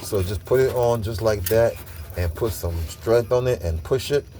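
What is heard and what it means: On a 2000 Lincoln Town Car 4.6L during a fuel pump replacement, a fuel line quick-connect fitting is being pushed onto its metal line at the fuel pump while someone talks, with faint jangling of metal in the background. The clip ends just before the part goes home, so nothing has seated or clicked yet.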